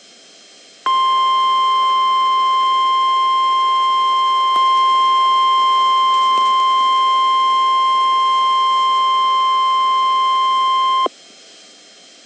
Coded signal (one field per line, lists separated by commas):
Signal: Emergency Alert System (SAME) tones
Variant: 1050 Hz attention tone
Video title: Severe Thunderstorm Watch (EAS #376+377)